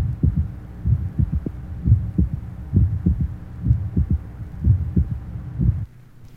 Age 18, normal third heart sound, mitral area.